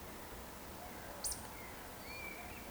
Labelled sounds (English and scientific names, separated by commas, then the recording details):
Eurasian Woodcock (Scolopax rusticola) whistle
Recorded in Baden-Württemberg, Germany, on 15 June 2020 at 19:25 UTC
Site 14569, 102 m above sea level